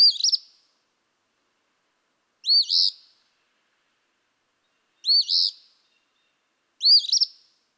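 Eastern phoebe song, four raspy two-noted phrases delivered at uneven intervals of about two seconds, nothing else audible.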